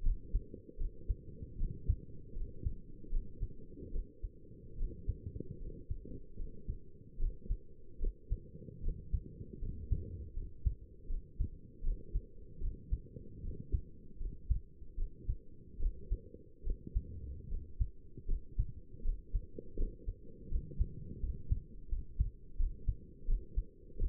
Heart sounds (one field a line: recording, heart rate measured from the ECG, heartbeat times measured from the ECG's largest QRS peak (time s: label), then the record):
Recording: heart sounds by stethoscope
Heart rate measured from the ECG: 78 bpm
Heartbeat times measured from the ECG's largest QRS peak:
0.04 s: heartbeat
0.79 s: heartbeat
1.59 s: heartbeat
2.36 s: heartbeat
3.12 s: heartbeat
3.93 s: heartbeat
4.78 s: heartbeat
5.60 s: heartbeat
6.39 s: heartbeat
7.20 s: heartbeat
8.01 s: heartbeat
8.83 s: heartbeat
9.62 s: heartbeat
10.36 s: heartbeat
11.10 s: heartbeat
11.84 s: heartbeat
12.61 s: heartbeat
13.43 s: heartbeat
14.20 s: heartbeat
14.98 s: heartbeat
15.80 s: heartbeat
16.65 s: heartbeat
17.50 s: heartbeat
18.28 s: heartbeat
19.05 s: heartbeat
19.78 s: heartbeat
20.51 s: heartbeat
21.22 s: heartbeat
21.91 s: heartbeat
22.59 s: heartbeat
23.28 s: heartbeat
23.99 s: heartbeat
From the record:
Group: healthy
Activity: cold pressor test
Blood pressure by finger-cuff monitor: 100/69 mmHg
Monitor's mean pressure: 80 mmHg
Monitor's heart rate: 75 bpm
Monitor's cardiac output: 6.8 L/min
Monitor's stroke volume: 87 mL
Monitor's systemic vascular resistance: 860 dyn s/cm5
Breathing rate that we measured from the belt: 15 breaths a minute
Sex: male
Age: 22 years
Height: 181 cm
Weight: 79 kg